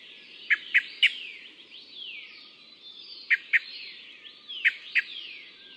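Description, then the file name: Taiwan thrush: sharp clipped calls of a Taiwan thrush in small clusters of two or three, with a continuous wash of high descending whistles behind. "白頭鶇"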